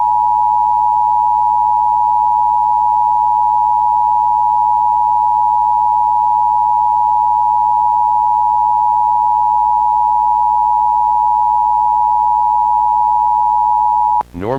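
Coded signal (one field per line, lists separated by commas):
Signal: Emergency Alert System (SAME) tones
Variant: 853 and 960 Hz attention tone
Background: speech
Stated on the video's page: Fictional EAS scenario based on an analog horror series; simulated alert, not real.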